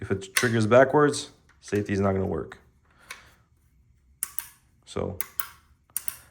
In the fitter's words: very audible, positive clicks.